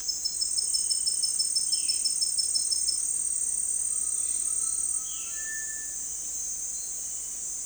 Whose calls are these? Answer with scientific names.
Cyanocorax violaceus, Crypturellus undulatus, Crypturellus cinereus